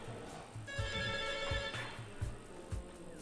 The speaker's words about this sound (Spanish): Tenemos gente en el teléfono, caramba. Llora el teléfono. A ver qué dice ahí.